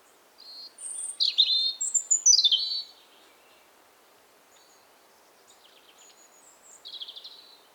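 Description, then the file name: European robin song: very high whistles and steeply falling, sweet phrases, then near silence before a faint, softer closing warble. "Erithacus rubecula"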